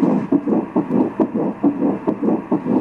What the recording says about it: We're going to do a Doppler just to hear the heartbeat. So we can actually hear the heart beating here. The embryo looks really great.